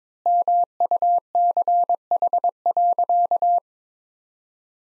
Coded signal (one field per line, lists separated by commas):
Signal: Morse code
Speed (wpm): 22 wpm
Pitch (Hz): 700 Hz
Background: none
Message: MUCH.